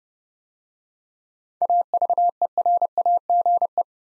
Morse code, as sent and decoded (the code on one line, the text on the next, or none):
.- ...- . .-. .- --. .
AVERAGE